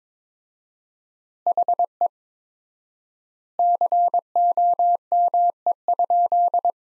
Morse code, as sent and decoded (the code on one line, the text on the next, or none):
.... . / -.-. --- -- . ..--..
HE COME?